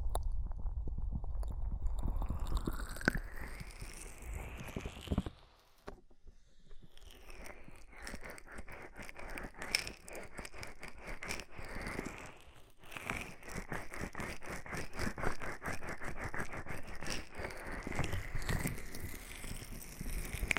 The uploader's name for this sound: Oil, Foam and Tingly Ear Massage